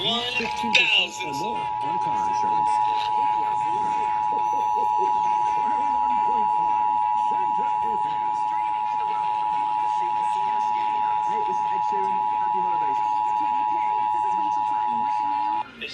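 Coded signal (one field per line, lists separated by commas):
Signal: Emergency Alert System (SAME) tones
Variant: 853 and 960 Hz attention tone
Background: speech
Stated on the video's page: Required Monthly Test received on Seattle-area broadcast radio, TV, cable and NOAA Weather Radio 162.550 MHz and 162.425 MHz, recorded from weather radios.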